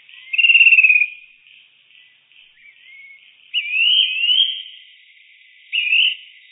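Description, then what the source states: Fan-tailed cuckoo calling, a high descending trill followed by rising, wavering whistled notes in short phrases against a quiet background. Garden bird in Canberra, Australia.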